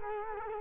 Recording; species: mosquito wingbeat signal from an infrared sensor; Culex quinquefasciatus